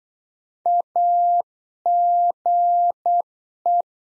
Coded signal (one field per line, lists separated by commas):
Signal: Morse code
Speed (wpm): 8 wpm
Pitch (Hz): 700 Hz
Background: none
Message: AGE